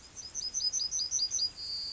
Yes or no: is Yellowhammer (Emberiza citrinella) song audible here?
yes